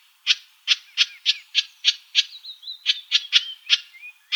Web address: Wrens Kinglets Gnatcatchers AZFO HOWR CALLS 2 deviche 030506